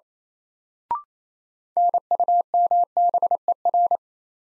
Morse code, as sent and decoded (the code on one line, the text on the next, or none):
-. ..- -- -... . .-.
NUMBER